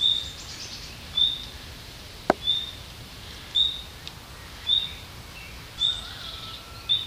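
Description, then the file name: Common nightingale sounding a clear high whistle roughly every second, with a single sharp click partway through. "Luscinia megarhynchos"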